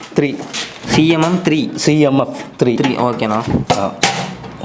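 A small steel home safety locker, model CMF 3, sized 10 by 14 by 12, with its steel door about to be shut and its bolt lock thrown into the steel body. Someone talks throughout, and a sudden loud sound comes right at the end. The clip ends before the lock engages, so nothing has seated yet.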